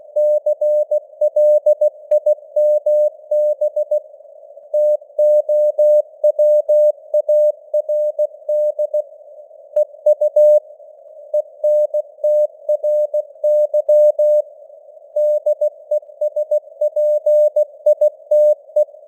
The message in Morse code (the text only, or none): CLIMB TOWARD EU ENTRY DESPITE